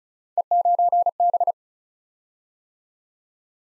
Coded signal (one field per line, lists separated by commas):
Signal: Morse code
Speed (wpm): 36 wpm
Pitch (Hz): 700 Hz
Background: none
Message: E9B